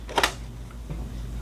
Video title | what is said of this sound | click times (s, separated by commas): Take a look at what a TRUE RC Submarine craftsman can do! 1/96 Russian Kilo! | the dye planes locked into place drop our screw into the back tighten it down and | 0.2 s